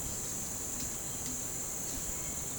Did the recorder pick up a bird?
no